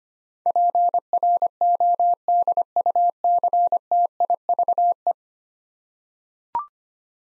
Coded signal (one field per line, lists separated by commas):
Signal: Morse code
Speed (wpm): 25 wpm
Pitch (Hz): 700 Hz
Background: none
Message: PRODUCTIVE